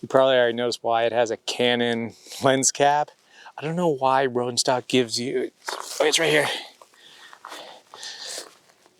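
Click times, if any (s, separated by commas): none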